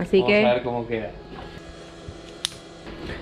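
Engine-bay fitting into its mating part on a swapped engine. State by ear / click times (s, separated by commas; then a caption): seated / 2.5 s. During F4R engine swap work on a car, someone talks briefly, then an engine-bay fitting is pushed into its mating part on the swapped engine and gives a single sharp click at 2.5 s. The fitting clicks into place and is seated.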